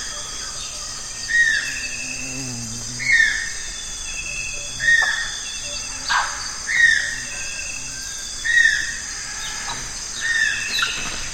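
Evening on the Zabalo River in Ecuador. A bird repeats a short bright whistle about every two seconds over a steady, dense insect hum with high shrill buzzing. Brief soft knocks and low murmurs pass underneath, and the hum never breaks.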